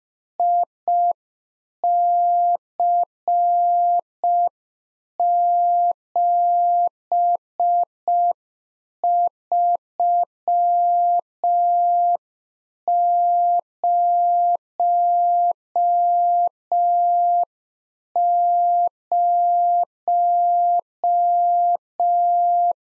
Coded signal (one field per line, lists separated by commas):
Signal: Morse code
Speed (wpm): 5 wpm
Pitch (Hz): 700 Hz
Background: none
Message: IC7300